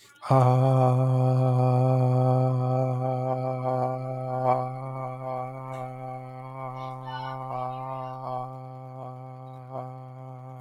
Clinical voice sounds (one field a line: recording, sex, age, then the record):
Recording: vowel held as long as possible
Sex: male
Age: 40 to 49 years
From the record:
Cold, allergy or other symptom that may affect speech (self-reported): no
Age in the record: 45 years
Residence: New Jersey, United States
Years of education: 16